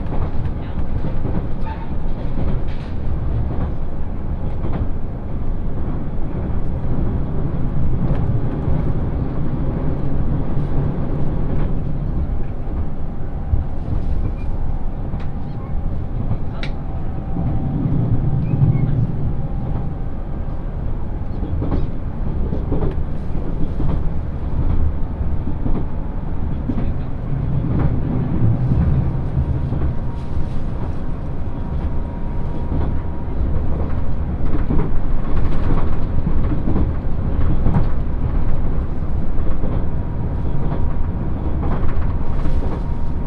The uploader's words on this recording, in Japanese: 鉄道旅 予讃線特急いしづち101号 今治→松山。列車はアンパンマン編成の5両で4両が自由席になります。意外と学生が通学で利用するので混雑しています。停車駅は伊予北条のみで35分くらいノンストップになります。